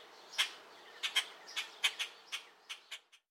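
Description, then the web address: Purple martin giving short, sharp chirps at irregular intervals, about ten notes, against a quiet background. More than one purple martin. "sound-effects-bible Bird Purple Martins"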